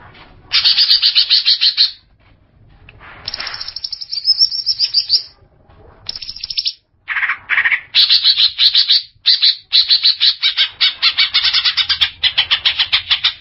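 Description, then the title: Greater green leafbird song in loud bursts of harsh, buzzy rattling notes, separated by short pauses. "Cucak ijo"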